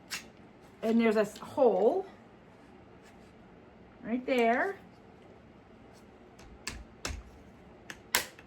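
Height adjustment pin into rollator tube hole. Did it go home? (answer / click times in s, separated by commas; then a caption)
yes / 8.2 s. A height adjustment spring pin on a VOCIC Z35 PackGo rollator's telescoping tube is lined up with a hole while someone talks. Several short clicks and taps follow, and at 8.2 s the pin snaps into the hole with a sharp click, locking the tube at that height level.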